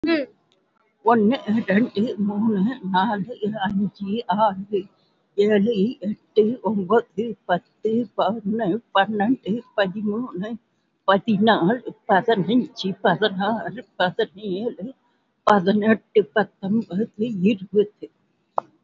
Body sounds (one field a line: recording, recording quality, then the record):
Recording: counting at a fast pace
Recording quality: excellent, no background noise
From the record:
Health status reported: COVID-19 positive, moderate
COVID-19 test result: positive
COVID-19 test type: RT-PCR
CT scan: not taken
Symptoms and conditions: sore throat, fatigue, loss of smell and taste, another respiratory illness, hypertension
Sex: female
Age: 68 years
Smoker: no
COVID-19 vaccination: none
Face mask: worn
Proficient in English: yes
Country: India